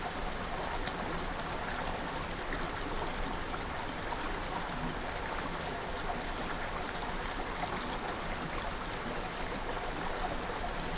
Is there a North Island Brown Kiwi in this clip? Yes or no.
no